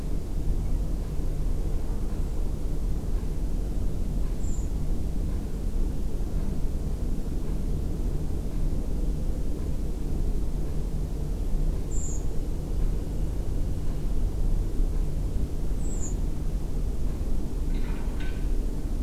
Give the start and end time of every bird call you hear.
4.39s-4.66s: Redwing (6.5-8.3 kHz)
11.90s-12.19s: Redwing (6.3-8.4 kHz)
15.78s-16.14s: Redwing (6.4-8.3 kHz)

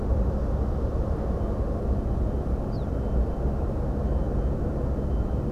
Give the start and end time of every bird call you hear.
2.71s-2.85s: Ortolan Bunting (3.3-5.6 kHz)

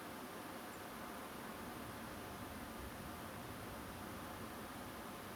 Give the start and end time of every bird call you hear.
0.72s-0.77s: Song Thrush (6.8-9.8 kHz)

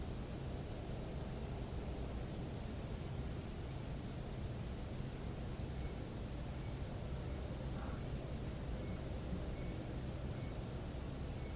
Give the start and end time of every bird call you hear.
1.49s-1.51s: Song Thrush (6.9-9.8 kHz)
6.47s-6.50s: Song Thrush (6.9-9.9 kHz)
8.05s-8.07s: Song Thrush (6.9-8.5 kHz)
9.15s-9.48s: Redwing (5.5-7.8 kHz)

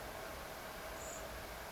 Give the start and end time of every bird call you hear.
0.95s-1.22s: Common Blackbird (6.6-8.3 kHz)

